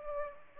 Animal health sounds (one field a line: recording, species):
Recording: mosquito wingbeat signal from an infrared sensor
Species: Aedes aegypti